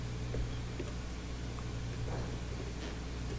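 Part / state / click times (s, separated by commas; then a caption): 3D-printed monitor mount frame onto RC transmitter handle / not seated / none. A 3D-printed plastic monitor mount frame is lined up by its slit with the handle of a Turnigy 9x RC transmitter and eased into position before being pushed home. The stretch is quiet, with only a steady low hum and faint handling rustle and no hits. Nothing has snapped on or clicked yet.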